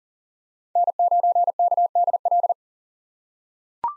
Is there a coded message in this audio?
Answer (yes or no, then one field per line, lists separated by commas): yes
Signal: Morse code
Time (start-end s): 0.8-2.5 s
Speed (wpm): 40 wpm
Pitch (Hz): 700 Hz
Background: none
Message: N9KDL